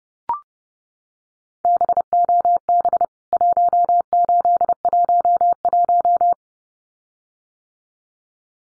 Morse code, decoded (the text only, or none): BOB 1811